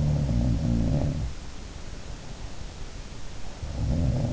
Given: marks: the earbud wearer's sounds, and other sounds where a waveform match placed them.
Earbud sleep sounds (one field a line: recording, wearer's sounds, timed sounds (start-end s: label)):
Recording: sounds in sleep by an in-ear microphone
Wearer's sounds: breath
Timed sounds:
0.00-1.49 s: sound from someone else or the room
1.98-3.94 s: breath
3.35-4.33 s: sound from someone else or the room